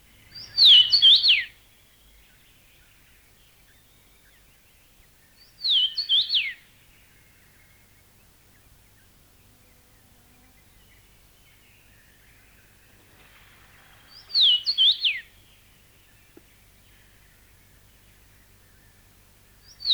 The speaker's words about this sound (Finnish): Voisi melkein luulla, että joku viheltää taksia itselleen, kun punavarpunen laulaa.